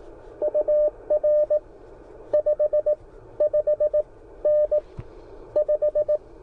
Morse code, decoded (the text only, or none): UR 5 5N 5